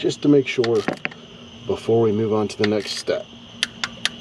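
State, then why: Torque reached. Someone talks while rechecking the water pump bolts on a 2017 Jeep Wrangler with a click-type torque wrench during a water pump change. Sharp metallic clicks sound at 3.6 s and 4.1 s, with smaller ticks around them, confirming the wrench has reached its torque setting on the bolts.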